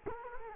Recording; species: mosquito wingbeat signal from an infrared sensor; Culex quinquefasciatus